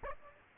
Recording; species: mosquito wingbeat signal from an infrared sensor; Aedes aegypti